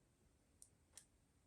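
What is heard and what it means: A memory card is pushed into the card slot of an Insta360 X3 action camera and clicks into place at 0.6 s. A second, slightly longer tick follows at 1.0 s. Both sounds are sharp and high-pitched over a faint steady background, and the card is seated.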